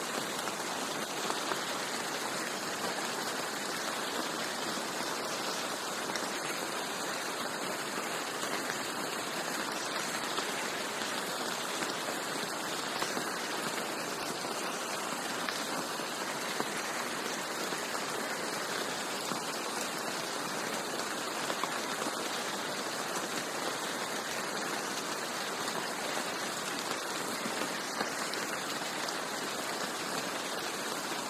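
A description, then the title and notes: Rain falls steadily for the whole stretch, a dense, even hiss of countless drops with no pauses or build. The sound sits mostly in the middle and upper range, with little low rumble, and its level stays flat throughout. Serene Rain Sounds.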